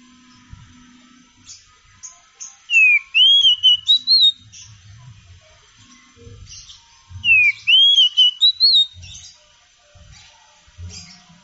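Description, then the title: Oriental magpie-robin song: two rich whistled phrases about five seconds apart, each a rising slurred note into warbled higher notes, with faint scratchy chips between. Champion singing bird; kacer song. "Kicau Burung Kacer Juara"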